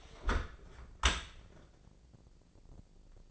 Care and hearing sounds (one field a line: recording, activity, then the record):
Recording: daily activity, microphone in the room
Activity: close dishwasher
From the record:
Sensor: 5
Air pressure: 1012.4 hPa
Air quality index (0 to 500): 158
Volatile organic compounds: 2 ppm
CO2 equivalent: 1076 ppm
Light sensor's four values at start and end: 107/257/109/122 and 109/262/111/125